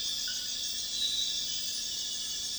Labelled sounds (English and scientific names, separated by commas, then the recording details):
none
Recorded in dense forest near Puerto Asís, Putumayo, Colombia, on 21 February 2024 at 02:00
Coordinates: 0.502, -76.324
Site G6370